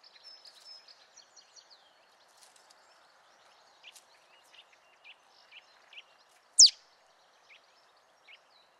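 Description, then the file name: Marsh tit call: a single loud, steeply falling note late, set against scattered thin chirps and a twittering start. "Poecile palustris"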